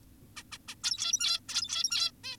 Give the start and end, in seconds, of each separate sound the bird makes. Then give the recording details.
0.36-0.43, 0.52-0.58, 0.68-0.75, 0.84-1.40, 1.49-2.11, 2.24-2.37. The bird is an adult. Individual g17y2U